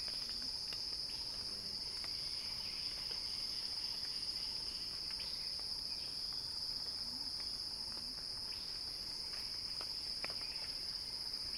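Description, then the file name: Cicada song: an unbroken, piercing drone, while faint chirps and a few soft low notes sound underneath. Recording titled a cicada crescendo. "earth-fm Axel-Drioli Cicada-Crescendo-Sounding-Wild"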